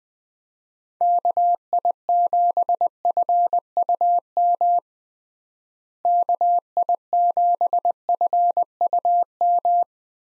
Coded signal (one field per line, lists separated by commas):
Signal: Morse code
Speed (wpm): 20 wpm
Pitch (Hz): 700 Hz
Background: none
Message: KI7FUM KI7FUM